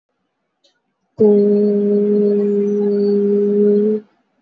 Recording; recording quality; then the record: sustained vowel as in boot; excellent, no background noise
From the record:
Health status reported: healthy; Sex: female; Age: 20 years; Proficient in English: yes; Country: India